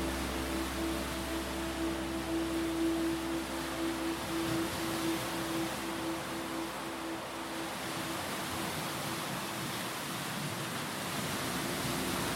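Waves batter the rocky shore of Lake Superior in a dense, steady roar, with a faint low hum fading out early on.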